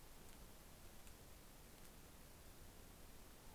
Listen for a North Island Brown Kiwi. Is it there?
no